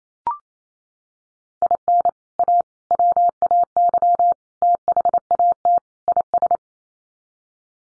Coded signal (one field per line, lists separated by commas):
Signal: Morse code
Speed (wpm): 28 wpm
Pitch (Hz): 700 Hz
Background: none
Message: IN A WAY THAT IS